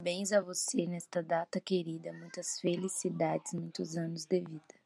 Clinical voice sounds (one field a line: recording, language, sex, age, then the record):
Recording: short text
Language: Brazilian Portuguese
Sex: female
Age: 20 to 29 years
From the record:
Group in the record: control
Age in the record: 23 years